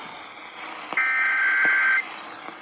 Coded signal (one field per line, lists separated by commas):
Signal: Emergency Alert System (SAME) tones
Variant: header bursts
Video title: December Tornado Trouble... - EAS alerts of 12/28 (EAS #1,856-1,903)